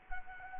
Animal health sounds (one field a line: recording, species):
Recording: mosquito wingbeat signal from an infrared sensor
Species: Culex quinquefasciatus